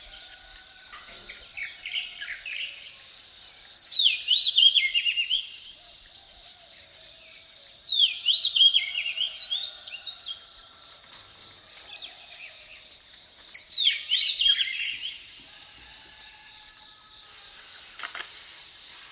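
Birds sing in bursts of bright, warbling phrases, the strongest near 4, 8 and 14 seconds, with softer chirps between. A thin, steady high insect hum runs underneath throughout, and a sharp click sounds near the end.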